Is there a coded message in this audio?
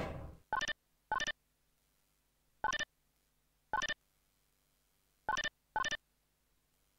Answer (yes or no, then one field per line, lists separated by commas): no